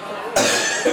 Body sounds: coughing mixed with background sound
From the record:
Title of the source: Cough Around the Clock!

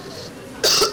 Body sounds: coughing mixed with background sound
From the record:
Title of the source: November cold (wet coughing)

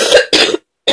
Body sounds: coughing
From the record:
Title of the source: 55 gaggy wet cough

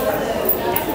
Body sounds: background sound without coughing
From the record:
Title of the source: 40 min - Ambience sounds UNIVERSITY lunchroom chatting

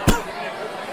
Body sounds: coughing mixed with background sound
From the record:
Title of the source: Coughing 51

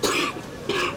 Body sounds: coughing mixed with background sound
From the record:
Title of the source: 64 coughing, allergies, singing lungs

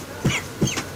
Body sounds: coughing mixed with background sound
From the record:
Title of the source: Dry Coughing Fit in the Afternoon.

